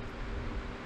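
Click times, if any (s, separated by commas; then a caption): none. A metal, oil-pressure timing chain tensioner on the timing chain of a K24 engine being prepared for a Datsun swap is given a light squeeze by hand to try for one ratchet click, since it works by oil pressure and is not meant to be cranked tight. Only steady, even broadband noise is heard for the whole 0.9 seconds, with no sharp transients. The tensioner has not clicked or ratcheted yet.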